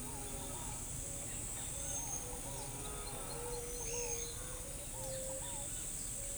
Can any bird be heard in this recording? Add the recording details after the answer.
yes. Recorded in forest near Pivijay, Magdalena, Colombia, on 3 June 2023 at 07:00. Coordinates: 10.467, -74.380. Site Z5-G034